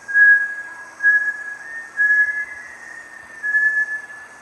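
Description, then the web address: Bartlett's tinamou whistling: four clear level notes spaced a second or more apart, with a soft tone sustained between them. "sound Bartlett's-tinamou. صدای-پرنده-وشم-بارتلت"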